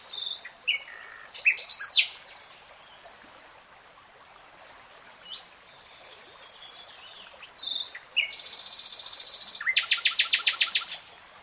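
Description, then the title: Nightingale song: scattered sweeping notes and chirps, a long pause, then a buzzy trill and a fast run of repeated pulses. Nightingale singing, recorded in real time. "[Tiếng chim hót] 3 Hours REALTIME Nightingale Singing"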